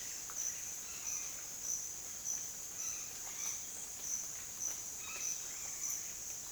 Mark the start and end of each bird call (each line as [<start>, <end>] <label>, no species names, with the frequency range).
[2.80, 3.61] bird call (0.7-4.6 kHz)
[4.92, 5.60] bird call (0.6-4.6 kHz)